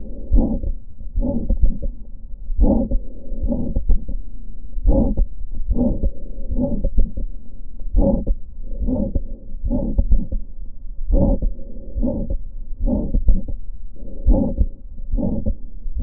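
An adult heart heard through a stethoscope: regular heartbeats at about 62 a minute, with a low, rough murmur filling the space after each beat. This is the systolic ejection murmur of aortic stenosis, caused by blood forced through a narrowed aortic valve.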